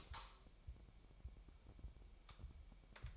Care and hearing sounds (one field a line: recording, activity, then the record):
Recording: daily activity, microphone in the room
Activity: light on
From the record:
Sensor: 1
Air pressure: 1001.9 hPa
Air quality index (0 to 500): 249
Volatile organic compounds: 55 ppm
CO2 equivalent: 3355 ppm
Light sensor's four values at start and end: 4/11/4/5 and 15/48/19/19